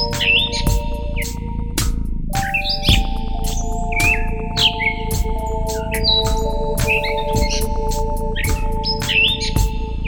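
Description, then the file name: Bird song: varied clear whistled phrases, some rising or falling, repeated throughout over steady low humming tones and a rumbling background. "speck - Birdsong"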